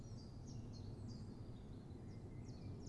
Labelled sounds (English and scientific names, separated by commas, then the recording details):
Common Chiffchaff (Phylloscopus collybita)
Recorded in Germany
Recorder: ecoPi